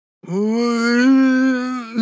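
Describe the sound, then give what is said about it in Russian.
A man, an aristocrat, lets out a single sustained howl of pain in shock as two teeth are slowly twisted out of his gum, a strained, voiced cry holding a steady low pitch for nearly two seconds before breaking off with a short catch. “Завыл аристократ, закатывая глаза от шока.”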